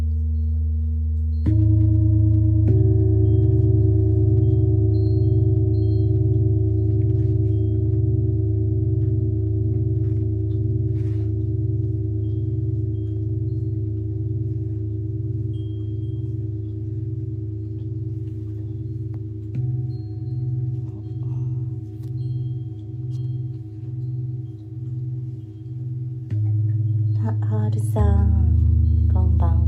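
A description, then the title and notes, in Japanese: Three large singing bowls sound together in a deep, sustained drone, with new strikes entering near the start and again around 20 and 27 seconds. The low tones hum steadily with a slow, wavering pulse, while faint soft taps and rustles sit in the background. 大きいボウル3つだけのサウンドヒーリングLive メキシコは朝です。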